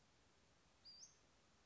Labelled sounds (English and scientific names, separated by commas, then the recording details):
Western Flycatcher (Empidonax difficilis)
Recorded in Sonoma County, California